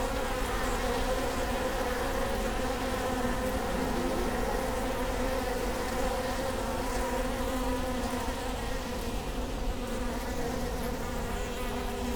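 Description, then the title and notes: Honey bee hive hum, dense and unbroken low buzzing that stays level throughout. Bee hive at Prinzessinnengarten, Hermannstraße, Berlin, Germany; recorded with Sony PCM D50 and Primo EM172. "Prinzessinnengarten II, Hermannstraße, Berlin, Deutschland - bee hive. bee hive at Prinzessinnengarten (Sony PCM D50, Primo EM172)"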